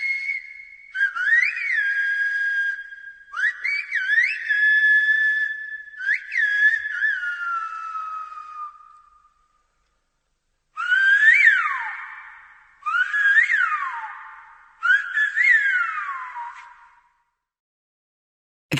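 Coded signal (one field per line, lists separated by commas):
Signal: whistled language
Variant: Silbo Gomero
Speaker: have you any idea what the conversation was about well according to the translation i have here they were discussing a party and one was asking the other to go and get a musical instrument to bring to it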